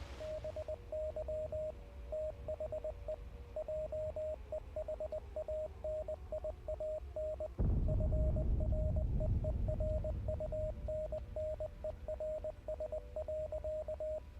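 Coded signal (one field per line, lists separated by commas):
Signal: Morse code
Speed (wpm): 19 wpm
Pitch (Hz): 620 Hz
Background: radio noise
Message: BY THE JEHANIAN FREERUNNERS.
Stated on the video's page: Heard during a livestream of the game Hell is Us.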